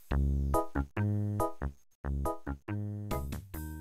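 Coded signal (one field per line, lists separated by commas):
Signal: none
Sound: music outro beeps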